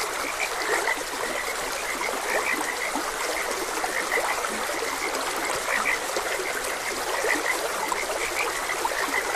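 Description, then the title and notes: Frogs calling together with short, evenly pitched croaks scattered throughout, backed by continuous babbling water. Frogs croaking beside a gentle stream. "Gentle Stream and Frogs Croaking. Calming Sounds of Nature. Sleep and Relaxation Podcast"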